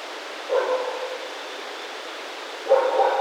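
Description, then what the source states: Raccoon calls: two short harmonic, whining yelps about two seconds apart, each fading, over a faint steady high-pitched hum. Recorded 28 October 2010.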